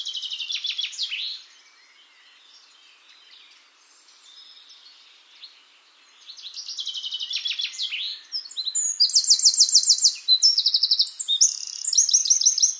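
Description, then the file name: Eurasian wren song, high shrill trills in a brief opening burst, then after a lull a long, loud series of rapid rattling phrases. "Troglodytes troglodytes"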